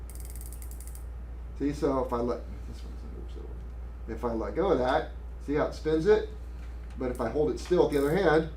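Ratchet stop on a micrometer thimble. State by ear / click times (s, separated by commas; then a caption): torque reached / 0.1 s, 0.4 s, 0.5 s, 0.6 s, 0.9 s. The ratchet stop on the end of a micrometer thimble is turned until the spindle meets resistance, then slips and gives a series of small ratchet clicks at 0.1, 0.4, 0.5, 0.5, 0.6 and 0.9 seconds, signaling that the set torque is reached and turning should stop. Afterward someone talks.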